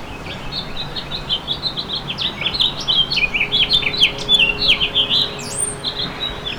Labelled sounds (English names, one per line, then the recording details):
House Finch song
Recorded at East Hampton on Long Island, New York, on 15 June 2013
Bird B